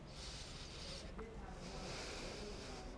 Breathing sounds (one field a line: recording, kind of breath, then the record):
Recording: one breath in and out by a microphone near the nose and mouth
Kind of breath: deep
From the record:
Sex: male